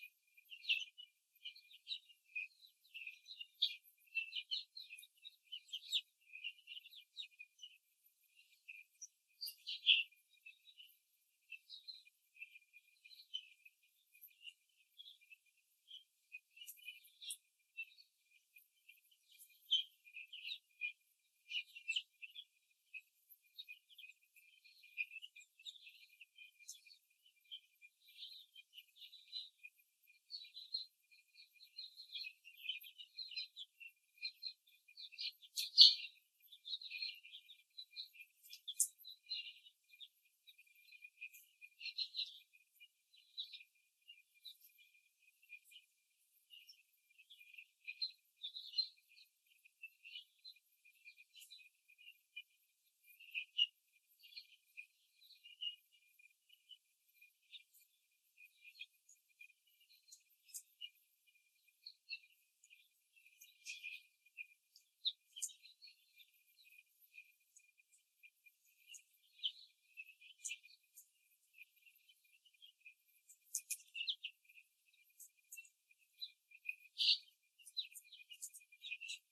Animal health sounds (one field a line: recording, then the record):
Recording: young laying hens in a cage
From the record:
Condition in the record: before the stressor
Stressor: simulated dog barking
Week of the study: 3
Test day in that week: 2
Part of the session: 1